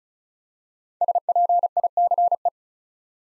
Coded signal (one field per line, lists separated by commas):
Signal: Morse code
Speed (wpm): 36 wpm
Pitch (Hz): 700 Hz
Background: none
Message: SPICE